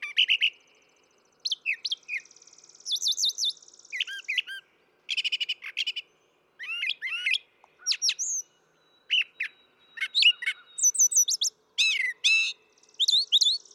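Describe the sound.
Brown thrasher song: a long run of varied phrases, whistled slurs, trills and buzzy notes, with short pauses.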